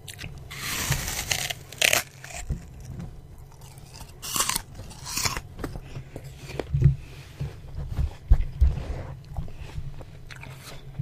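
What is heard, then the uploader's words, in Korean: Someone eats an apple with crisp, juicy bites, the loudest crunches landing near the start, around two seconds and again near five. Between them comes steady, softer chewing, with low thumps and smacks scattered through the second half. 사과를 아삭아삭 맛있게. 맛있는 사과를 냠얌.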